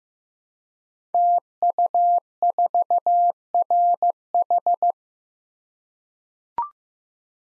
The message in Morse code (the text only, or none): TU4RH